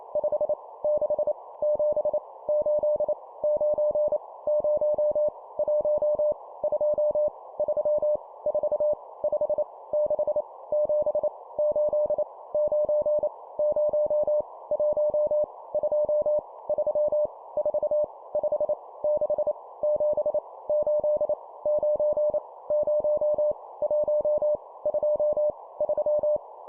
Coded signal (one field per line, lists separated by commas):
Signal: Morse code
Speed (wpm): 28 wpm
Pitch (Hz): 600 Hz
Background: none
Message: 5 6 7 8 9 0 1 2 3 4 5 6 7 8 9 0 1 2 3 4 5 6 7 8 9 0 1 2 3